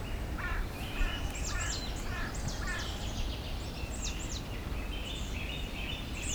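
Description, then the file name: Marsh tit calls: quick runs of short, high, sharp notes repeated in bursts over a steady low rumble of background noise. "Poecile palustris"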